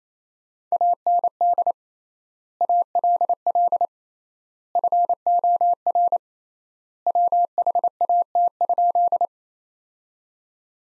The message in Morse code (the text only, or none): AND ALL FOR WHAT?